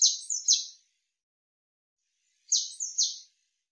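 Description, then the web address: Eurasian blue tit giving high, buzzy, downward-sweeping notes in a three-part phrase, repeated after a pause of about two seconds. "Deverinetal"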